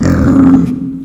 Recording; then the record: squeal of a Yucatan mini pig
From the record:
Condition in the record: after surgery on the right vocal fold (resection and tissue-engineered implant); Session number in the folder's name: 11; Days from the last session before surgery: 98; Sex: female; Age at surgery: 19 weeks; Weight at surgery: 25 kg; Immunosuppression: prednisolone